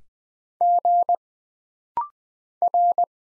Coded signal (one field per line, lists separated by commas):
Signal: Morse code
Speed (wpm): 20 wpm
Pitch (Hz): 700 Hz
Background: none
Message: G R